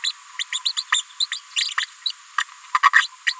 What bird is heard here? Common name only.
Green-rumped Parrotlet